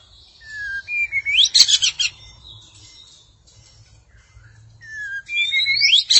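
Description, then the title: Magpie-robin or shama song: clear rising whistles and slurred notes that end in a dense burst of chattering, then a quiet gap before another rising whistled phrase. "Suara Burung Murai"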